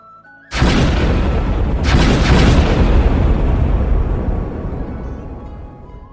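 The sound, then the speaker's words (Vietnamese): Two heavy, booming explosions from a fierce duel, one after another a little over a second apart, followed by a long rumbling roar that slowly fades out. “Sau lưng, quyết đấu kinh người, thanh âm nổ tung liên tiếp.”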